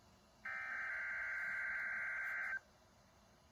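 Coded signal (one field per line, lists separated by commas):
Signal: Emergency Alert System (SAME) tones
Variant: header bursts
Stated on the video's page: Required weekly test of the Emergency Alert System.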